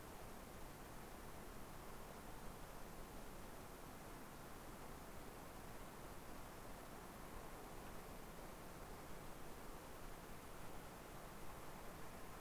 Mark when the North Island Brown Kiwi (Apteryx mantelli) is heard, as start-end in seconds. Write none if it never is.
none